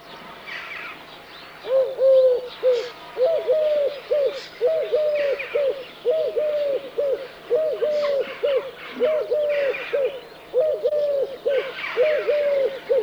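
Eurasian collared dove cooing in a long series of repeated phrases, while other birds call faintly and higher.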